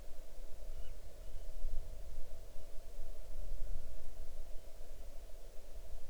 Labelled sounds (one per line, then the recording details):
bird
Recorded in the Arctic National Wildlife Refuge, Alaska, on 6 July 2019 at 00:39
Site 39